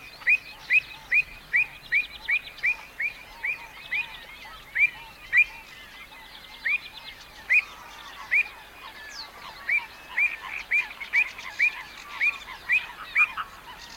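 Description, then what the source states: Avocet giving a long series of sharp, liquid notes. Song of a wading bird.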